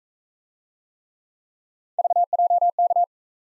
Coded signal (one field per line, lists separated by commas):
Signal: Morse code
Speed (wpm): 39 wpm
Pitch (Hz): 700 Hz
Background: none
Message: VJK